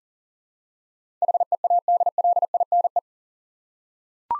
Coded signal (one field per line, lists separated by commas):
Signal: Morse code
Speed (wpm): 39 wpm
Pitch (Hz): 700 Hz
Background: none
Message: HEADLINE